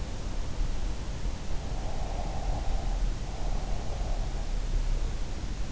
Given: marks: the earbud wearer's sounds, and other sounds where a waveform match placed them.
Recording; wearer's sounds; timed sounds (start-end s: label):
sounds in sleep by an in-ear microphone; breath
1.73-4.18 s: breath